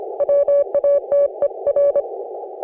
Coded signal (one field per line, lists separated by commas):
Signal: Morse code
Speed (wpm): 26 wpm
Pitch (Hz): 560 Hz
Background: none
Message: WATER